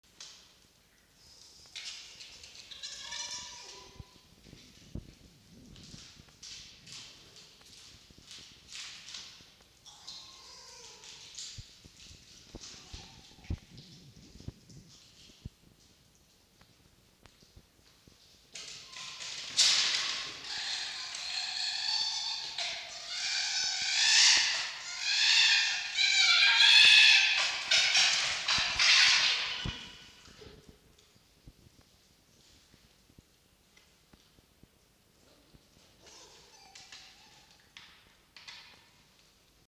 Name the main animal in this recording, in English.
Red Fox